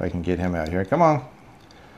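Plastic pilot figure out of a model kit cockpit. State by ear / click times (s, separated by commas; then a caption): released / 1.7 s. Someone talks while pulling a plastic pilot figure by its head out of the cockpit tub of a 1/72 plastic model kit. After a short struggle, a single sharp tick is heard at 1.7 s as the figure pops free of the cockpit.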